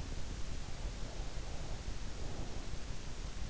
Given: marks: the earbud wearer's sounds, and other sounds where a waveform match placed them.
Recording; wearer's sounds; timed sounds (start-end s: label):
sounds in sleep by an in-ear microphone; breath
0.83-3.04 s: breath